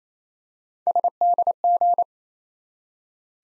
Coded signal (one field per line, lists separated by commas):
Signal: Morse code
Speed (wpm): 28 wpm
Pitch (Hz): 700 Hz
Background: none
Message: SDG